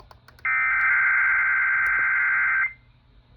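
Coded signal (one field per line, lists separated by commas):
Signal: Emergency Alert System (SAME) tones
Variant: header bursts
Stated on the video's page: NOAA Weather Radio weekly test relayed over an FM station's HD channels; weather radio transmitter on 162.550 MHz.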